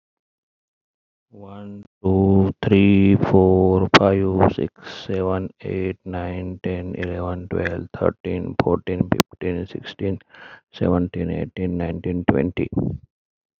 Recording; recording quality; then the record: counting at a normal pace; excellent, no background noise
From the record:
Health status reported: healthy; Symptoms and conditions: hypertension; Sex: male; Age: 47 years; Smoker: not ticked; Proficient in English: yes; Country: India